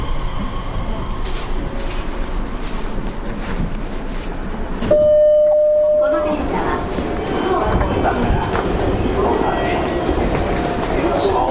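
A Nishitetsu 3000 series train runs with a steady rumble and rattling, full and low, from start to finish. Around five seconds a clear high tone sounds for about a second and a half. The running noise then swells slightly and stays dense to the end.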